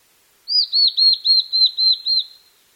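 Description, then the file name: Blue-and-white flycatcher singing a single phrase of about seven clear, slurred whistled notes at a steady high pitch, evenly spaced, against a quiet background. "ooruri"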